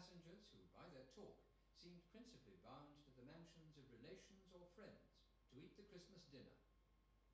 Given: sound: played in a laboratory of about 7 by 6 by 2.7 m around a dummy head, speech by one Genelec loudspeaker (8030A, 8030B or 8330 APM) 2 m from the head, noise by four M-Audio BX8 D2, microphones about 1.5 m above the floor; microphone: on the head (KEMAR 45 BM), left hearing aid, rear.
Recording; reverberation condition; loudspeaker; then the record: male speech in English; medium; 30 degrees to the right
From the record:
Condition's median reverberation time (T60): about 510 ms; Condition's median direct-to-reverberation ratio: about -0.5 dB